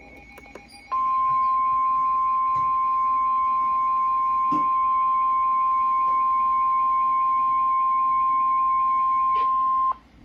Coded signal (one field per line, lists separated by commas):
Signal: Emergency Alert System (SAME) tones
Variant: 1050 Hz attention tone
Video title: Severe Thunderstorm Warning (EAS #586)